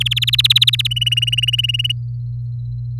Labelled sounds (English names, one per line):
Domestic Canary song